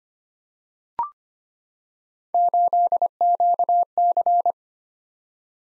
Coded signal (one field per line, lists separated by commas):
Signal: Morse code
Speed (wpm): 25 wpm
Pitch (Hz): 700 Hz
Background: none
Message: 8QC